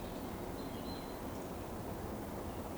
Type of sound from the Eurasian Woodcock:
whistle